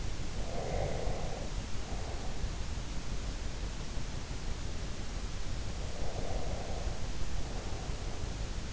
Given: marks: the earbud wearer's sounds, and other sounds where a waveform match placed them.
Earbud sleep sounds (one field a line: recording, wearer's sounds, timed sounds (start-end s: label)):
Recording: sounds in sleep by an in-ear microphone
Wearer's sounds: breath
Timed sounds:
0.36-2.69 s: breath
5.66-8.73 s: breath